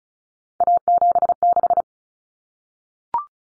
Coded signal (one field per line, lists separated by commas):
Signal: Morse code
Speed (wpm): 34 wpm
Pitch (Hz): 700 Hz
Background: none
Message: A76